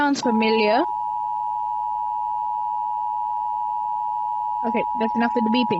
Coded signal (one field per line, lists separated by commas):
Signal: Emergency Alert System (SAME) tones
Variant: 853 and 960 Hz attention tone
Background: speech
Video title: EAS alarms from around the world 🚨🌍